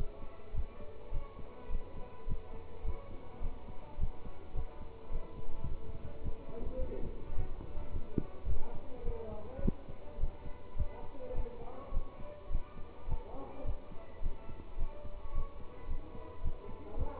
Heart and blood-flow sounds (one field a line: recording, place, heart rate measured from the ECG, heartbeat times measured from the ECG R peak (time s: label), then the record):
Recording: heart sounds by stethoscope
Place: between the tricuspid and mitral areas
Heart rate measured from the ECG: 106 bpm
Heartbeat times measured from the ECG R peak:
0.53 s: heartbeat
1.11 s: heartbeat
1.69 s: heartbeat
2.26 s: heartbeat
2.83 s: heartbeat
3.41 s: heartbeat
3.98 s: heartbeat
4.54 s: heartbeat
5.10 s: heartbeat
5.66 s: heartbeat
6.21 s: heartbeat
6.78 s: heartbeat
7.35 s: heartbeat
7.91 s: heartbeat
8.46 s: heartbeat
9.03 s: heartbeat
9.60 s: heartbeat
10.18 s: heartbeat
10.75 s: heartbeat
11.33 s: heartbeat
11.92 s: heartbeat
12.50 s: heartbeat
13.07 s: heartbeat
13.64 s: heartbeat
14.21 s: heartbeat
14.77 s: heartbeat
15.32 s: heartbeat
15.87 s: heartbeat
16.42 s: heartbeat
16.96 s: heartbeat
From the record:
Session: pedaling a stationary bicycle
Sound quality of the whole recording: good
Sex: male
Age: 27 years